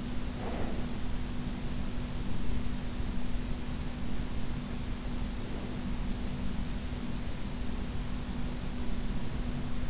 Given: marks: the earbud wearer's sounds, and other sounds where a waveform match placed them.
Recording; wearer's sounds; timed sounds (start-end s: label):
sounds in sleep by an in-ear microphone; breath
0.00-1.29 s: breath